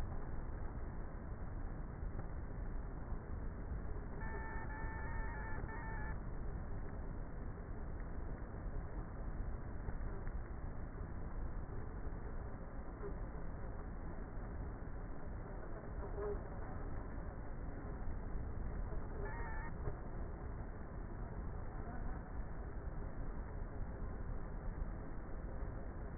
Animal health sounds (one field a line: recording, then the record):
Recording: honeybee colony, microphone inside the hive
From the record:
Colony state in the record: queenless with a low population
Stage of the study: before two queens were removed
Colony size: about 30,000 bees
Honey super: no